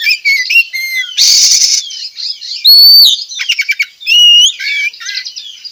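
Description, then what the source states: Oriental magpie-robin singing loud clear whistles mixed with twittering phrases, a harsh rasping burst early on, then bright pure whistled notes. From Tretes; bird singing actively, delivering bursts of song (tembakan style).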